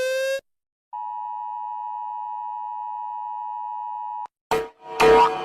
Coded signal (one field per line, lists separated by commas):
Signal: Emergency Alert System (SAME) tones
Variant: 853 and 960 Hz attention tone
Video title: Rating eas alarms